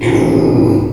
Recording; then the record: squeal of a Yucatan mini pig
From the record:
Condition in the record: before surgery on the right vocal fold (resection and tissue-engineered implant); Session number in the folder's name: 1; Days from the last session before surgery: -3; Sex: male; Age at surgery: 12 weeks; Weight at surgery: 13 kg